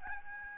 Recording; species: mosquito wingbeat signal from an infrared sensor; Aedes albopictus